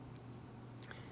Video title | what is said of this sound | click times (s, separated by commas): Rev. Badger Unboxes the SlingStudio | on the battery and a hole in the bottom and it just snaps right in this | 0.8 s, 0.9 s